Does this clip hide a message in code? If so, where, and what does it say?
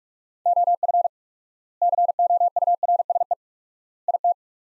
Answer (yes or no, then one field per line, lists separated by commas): yes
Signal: Morse code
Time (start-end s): 0.5-4.3 s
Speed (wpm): 47 wpm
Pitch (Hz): 700 Hz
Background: none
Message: OF COURSE IT